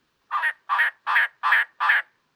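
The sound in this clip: Elegant Trogon giving a hoarse, croaking call, five rough barking notes evenly spaced about every 0.4 seconds, with a quiet background.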